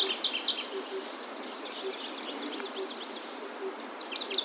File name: Olive backed Pipit